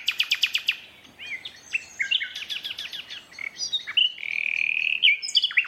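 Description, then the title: Common nightingale singing a quick series of sharp clicking notes, then tumbling varied phrases and a long bright whistle. Two competing males in a duet at dusk, north Dorset woodland in a dense thorn thicket; one starts singing, a second male moves closer; dusk chorus. "Sound Escape 119: An astonishing nightingale duet in a Dorset woodland"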